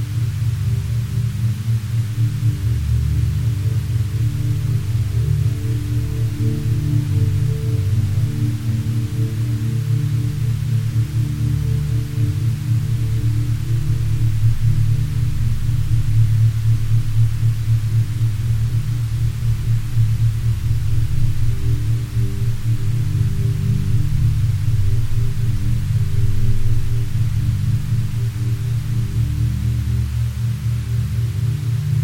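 Binaural beats as a steady drone of low, layered tones with a faint slow pulsing, unchanging for the whole half minute. The sound sits mostly in the deep bass with a dim hum above it, and nothing interrupts or shifts the level.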